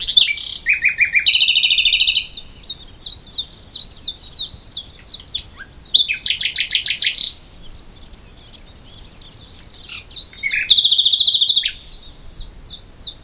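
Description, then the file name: Common nightingale song made of varied bursts: low buzzy notes, rows of crisp repeated chips, a loud rattling trill, a pause, then a rich buzzy phrase and more chips. "Luscinia megarhynchos"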